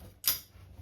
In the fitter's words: jusqu'à entendre le petit clac.